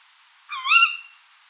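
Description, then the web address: Tawny owl call: a single sharp, rising, harmonic-rich kewick note lasting about half a second. "strix aluco call"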